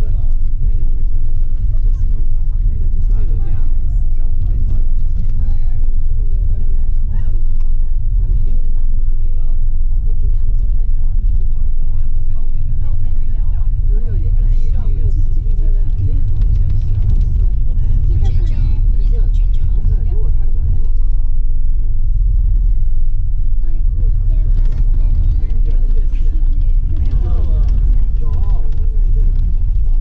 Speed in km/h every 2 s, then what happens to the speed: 12, 13, 13, 13, 12, 11, 10, 10, 11, 11, 11, 10, 9, 7, 5.
0-20 steady at about 11. 20-30 slows to 5.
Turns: none.